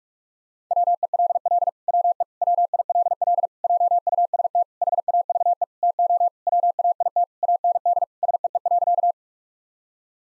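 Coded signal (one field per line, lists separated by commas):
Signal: Morse code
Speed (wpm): 46 wpm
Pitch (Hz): 700 Hz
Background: none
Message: WELL WE WILL JUST HAVE TO WAIT AND SEE.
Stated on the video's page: Morse drill at 45 wpm of sentences containing common seven-word phrases, sent, spoken, then sent again.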